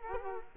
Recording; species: mosquito wingbeat signal from an infrared sensor; Culex quinquefasciatus